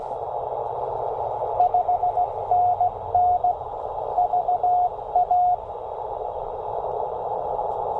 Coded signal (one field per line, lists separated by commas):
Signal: Morse code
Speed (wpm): 15 wpm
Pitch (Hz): 690 Hz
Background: radio noise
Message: 5NN VA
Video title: Even in the worst conditions, 5 watts and CW can pull at least 10 for a POTA activation.